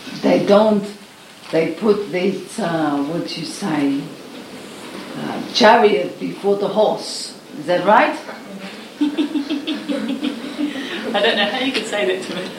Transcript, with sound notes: They don't, they put that - what you say? Chariot before the horse, is that right? (Laughter) I don't know how you could say that to me!